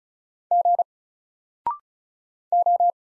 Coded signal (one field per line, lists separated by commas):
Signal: Morse code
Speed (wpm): 36 wpm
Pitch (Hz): 700 Hz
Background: none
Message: G O